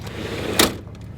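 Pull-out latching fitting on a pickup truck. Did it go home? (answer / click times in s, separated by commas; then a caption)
yes / 0.6 s. A fold-out fitting on a 2021 RAM 3500 pickup truck is pulled outward until it latches in place. One sharp, loud click at 0.6 s stands out over a steady low background hum, followed by a few faint ticks near 0.9 s. The fitting is seated and locked.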